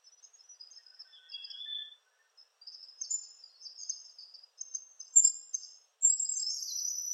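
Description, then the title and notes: Palm tanager twitter: scattered high squeaks, one slightly lower slurred note early, then quickening bright chatter that grows louder toward the end. "Sanhaçu-do-coqueiro (Tangara palmarum). Sanhaçu-do-coqueiro Palm Tanager ( Tangara palmarum )"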